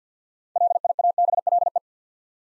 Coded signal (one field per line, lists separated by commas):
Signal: Morse code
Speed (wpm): 50 wpm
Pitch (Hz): 700 Hz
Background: none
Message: LIABLE